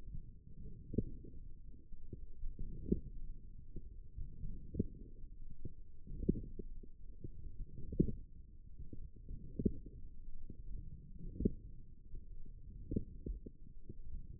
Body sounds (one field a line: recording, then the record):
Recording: forearm muscle sounds (acoustic myography)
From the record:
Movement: forearm supination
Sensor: system 1, eight BSWA MPA416 microphones around the upper forearm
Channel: 1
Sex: male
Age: 20 years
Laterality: left